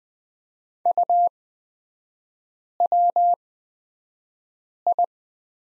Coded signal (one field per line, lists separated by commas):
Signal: Morse code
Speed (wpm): 20 wpm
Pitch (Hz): 700 Hz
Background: none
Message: UWI